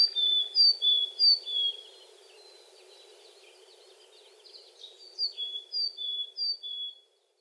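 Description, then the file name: Willow tit calling with a quick series of high, clear whistled notes alternating between two pitches, one phrase at the start and another after a pause of about three seconds. Recorded in Shiga, Japan, on 24 April 2020. "kogara shiga"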